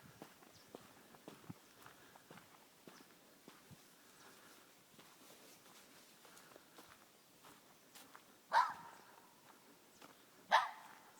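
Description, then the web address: Red fox screaming twice, harsh rasping shrieks about two seconds apart near the end, after a stretch of faint clicks and rustling. Fox screaming throughout the forest. "lis krzyczy na caly las"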